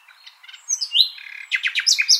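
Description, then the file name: Common nightingale singing a short fragment: sweeping high whistles followed by a series of sharp, rapidly repeated notes. "Luscinia megarhynchos"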